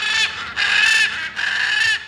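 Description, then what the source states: Blue-and-yellow macaw squawking: three loud, harsh, drawn-out squawks following one another closely. About a dozen free-flying urban macaws in Caracas, Venezuela, visiting a resident's apartment windowsill daily at sunset to be fed sunflower seeds and bananas.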